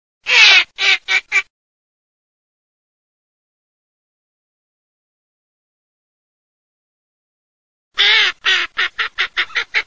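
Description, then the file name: Northern shoveler giving harsh, nasal quacking notes, a burst of four then a longer series of about nine weakening notes after a pause of silence. "mestolone"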